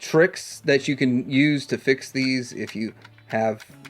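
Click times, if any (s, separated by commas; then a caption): none. Someone talks while handling a movable plastic piece with a detent on a toy spaceship, a piece that slides down and won't hold on older versions. Nothing has seated or clicked yet; the piece is later found to click firmly into place in both directions.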